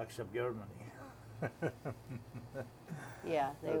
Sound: laughs

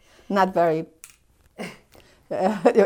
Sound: snaps

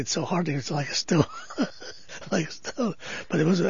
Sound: he laughs

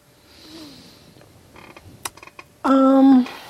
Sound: pause; chair squeaks

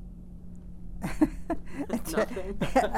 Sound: she pauses and then laughs

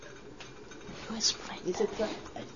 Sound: whispering is heard off-mike

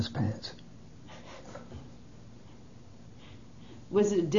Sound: laughs

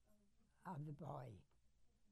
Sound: speaks quietly with a staff member of the nursing home in the background

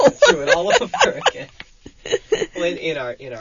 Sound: she laughs

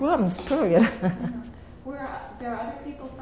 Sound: she laughs

